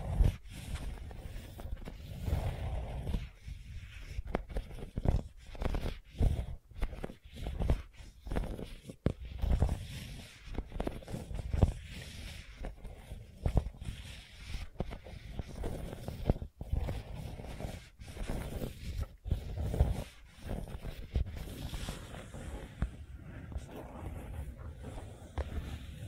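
Gentle scratching runs in a dense, irregular flurry of soft rasps, mostly low and muffled, broken by brief near-silent gaps throughout.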